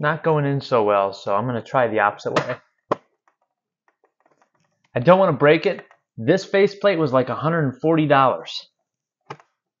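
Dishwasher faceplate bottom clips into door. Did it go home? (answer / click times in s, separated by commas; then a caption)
yes / 9.3 s. Someone talks while fitting a replacement plastic faceplate (part #107) onto the door of a Bosch SHE55M16US dishwasher, pushing its bottom edge into the door's clips. A few faint taps follow a pause, then a sharp click at 9.3 s as the faceplate bottom snaps in and seats.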